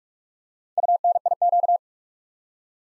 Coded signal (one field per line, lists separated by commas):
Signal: Morse code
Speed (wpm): 44 wpm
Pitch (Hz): 700 Hz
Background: none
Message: UNIQ